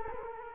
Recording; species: mosquito wingbeat signal from an infrared sensor; Culex quinquefasciatus